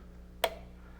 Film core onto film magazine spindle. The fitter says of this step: put the core on the spindle listen for the three clicks and